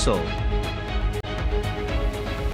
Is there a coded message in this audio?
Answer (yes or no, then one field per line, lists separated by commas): no